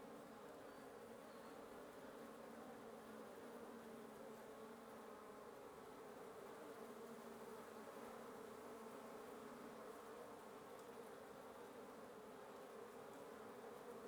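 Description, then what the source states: Wasp: continuous buzzing of many wasps, a uniform humming drone. Wasp nest under the roof of the recordist's residence at 1a Avenida Norte 19, Antigua Guatemala, Guatemala; recorded in the morning.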